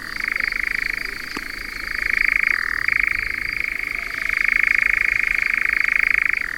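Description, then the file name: European nightjar giving a sustained dry churr, the purring trill dipping and shifting pitch several times, including a final dip at the very end; a faint click at about one and a half seconds. "Engoulevent d Europe"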